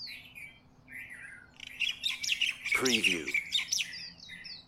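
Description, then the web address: Birds chirping, several high tweets and whistles overlapping, with a harsher, buzzy call around the middle and a steady low hum underneath. Bird recorded in the morning in Honolulu, close up. "lynne-publishing Honolulu Morning Bird"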